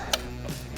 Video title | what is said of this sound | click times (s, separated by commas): Gotrax GXL V2 Electric Scooter Review Full Test & Review | you hear that click you're good to ride again | 0.1 s